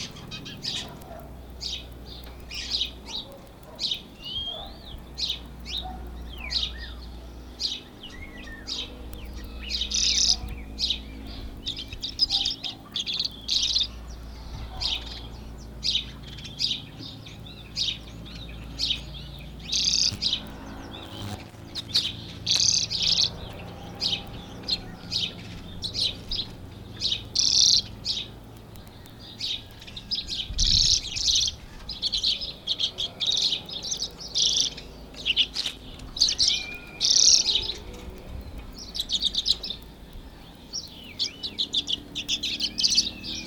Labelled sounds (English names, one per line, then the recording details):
Common Redpoll song
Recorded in captivity
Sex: male
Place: Bergen, Insel Rügen, Mecklenburg-Vorpommern, DE
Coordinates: 54.415, 13.426
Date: 1976-04-03
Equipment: Nagra III BH, Sennheiser MD 21
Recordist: Schubert, Michael